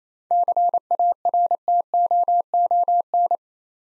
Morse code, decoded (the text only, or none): CARTOON